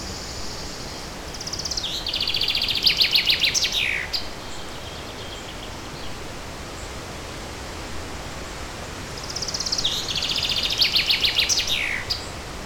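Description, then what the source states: Bird song, two high rapid trilled phrases roughly eight seconds apart, each closing with a falling slur, against steady forest hiss. Recorded in a forest, with forest ambience.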